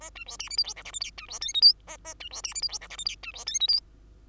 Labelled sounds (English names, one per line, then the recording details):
Bengalese Finch song
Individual Bird2